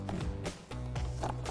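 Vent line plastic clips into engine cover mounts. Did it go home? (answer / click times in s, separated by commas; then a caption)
no / none. Plastic vent line clips on a Jeep Wrangler JL are handled and lined up with two mounts on the engine cover during a Mishimoto intercooler pipe install, with a run of light knocks and rustling over a steady low hum. Nothing has seated or clicked yet; the clip ends just before the clips go home.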